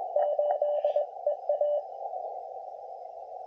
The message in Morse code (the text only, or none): 8 EA